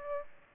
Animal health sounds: mosquito wingbeat signal from an infrared sensor; Aedes aegypti

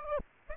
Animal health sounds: mosquito wingbeat signal from an infrared sensor; Aedes aegypti

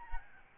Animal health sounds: mosquito wingbeat signal from an infrared sensor; Aedes albopictus

